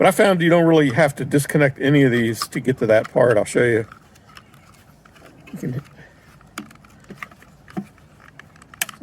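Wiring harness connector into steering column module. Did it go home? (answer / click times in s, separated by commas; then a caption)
yes / 8.8 s. Someone talks for the first four seconds, then small plastic handling clicks and taps follow as a plastic wiring harness connector is plugged into the steering column module of a VW Jetta. A sharp click at 8.8 s marks the connector seating in, and the red safety latch is then pushed in to lock it.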